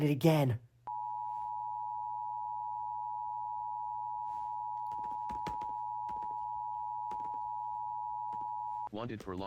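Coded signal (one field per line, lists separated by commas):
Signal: Emergency Alert System (SAME) tones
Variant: 853 and 960 Hz attention tone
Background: speech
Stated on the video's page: Blue alert relayed on an FM radio station.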